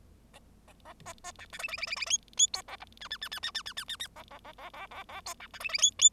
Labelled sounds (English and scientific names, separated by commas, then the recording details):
Bengalese Finch (Lonchura striata domestica) song
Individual Bird0